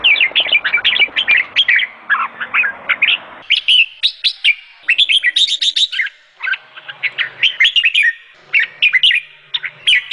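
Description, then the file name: Sooty-headed bulbul song: a dense chattering run of chirps, then sharper twittering bursts and slurred whistles repeated in quick succession. "suara kutilang jambul"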